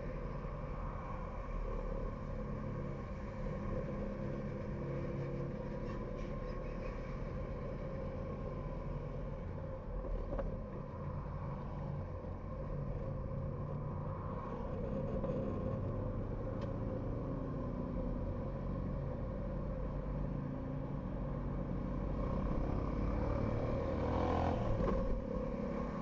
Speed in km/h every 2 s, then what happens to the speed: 27, 23, 22, 24, 27, 24, 17, 20, 24, 31, 31, 32, 36.
0-9 steady at about 24. 9-11 brakes to 17. 14-26 speeds up to 36.